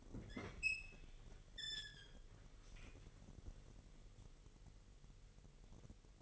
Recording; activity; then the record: daily activity, microphone in the room; open fridge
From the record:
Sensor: 4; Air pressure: 1002.7 hPa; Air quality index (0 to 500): 245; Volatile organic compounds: 18 ppm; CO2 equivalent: 2622 ppm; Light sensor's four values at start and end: 4/10/3/4 and 4/9/3/4